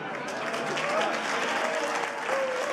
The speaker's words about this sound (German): Und nach wie vor gilt auf der Eröffnung der Applaus dem Kunstliebhaber Harald Falkenberg.